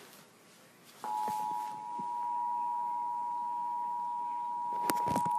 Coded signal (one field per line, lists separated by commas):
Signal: Emergency Alert System (SAME) tones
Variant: 853 and 960 Hz attention tone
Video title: EAS 136 Flash Flood Warning TV EAS